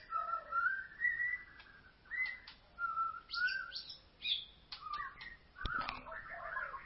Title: Kicau Murai Batu